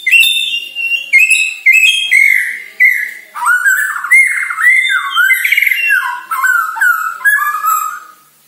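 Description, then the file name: White-rumped shama song: a stream of clear whistles, stepping down in pitch at first, with slurred, warbling notes and bright overtones throughout. Lure recording from Borneo, used to make birds sing. "Pancingan Murai Batu Borneo Agar Gacor"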